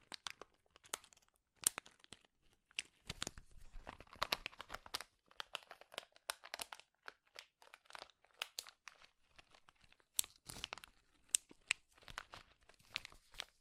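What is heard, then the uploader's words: Powerful crinkling, a dense, irregular run of sharp crackles and snaps that never settles into a rhythm. Louder bursts stand out near 2, 3, 10 and 11 seconds, with quieter rustling filling the gaps between them. Powerful Crinkles.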